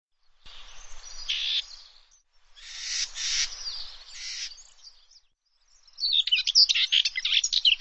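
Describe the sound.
Bird calls, high chirping bursts in three groups, the last a rapid run of sharp notes.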